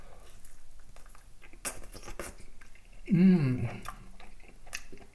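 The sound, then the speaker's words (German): Wet, irregular lip smacks and chewing noises while someone eats a potato ball with chives and onion, with a brief louder voiced murmur of enjoyment in the middle, all at a soft level. “Entschuldigung, wenn ich jetzt so schmatze.”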